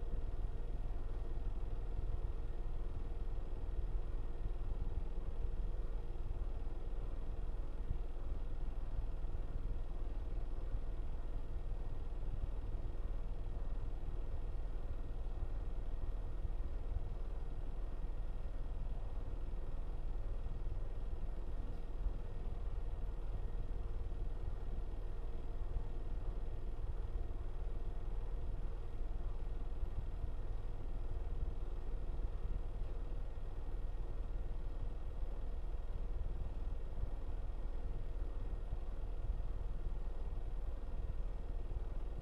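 A washing machine runs with a steady, unbroken low rumble and hum, faint churning texture layered on top, unchanging throughout.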